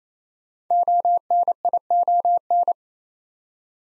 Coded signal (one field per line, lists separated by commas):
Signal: Morse code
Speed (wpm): 28 wpm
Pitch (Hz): 700 Hz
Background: none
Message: ONION